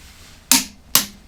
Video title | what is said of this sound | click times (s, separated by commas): TRIUMPH EXPLORER 1200 rear wheel removal, it was crusted on! | there's the click | 0.5 s, 1.0 s